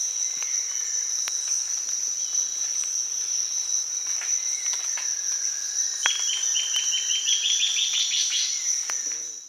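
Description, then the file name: Bird call series, a rapid run of short notes that rises slightly and speeds up near the end, over a steady high insect drone. "SABIOD 50 bird 2015"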